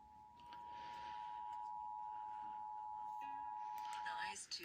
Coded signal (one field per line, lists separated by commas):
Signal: Emergency Alert System (SAME) tones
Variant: 853 and 960 Hz attention tone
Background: speech, music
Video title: Required monthly test for Minnesota eas￼￼ alerts from 6/7/23 eas 587-593￼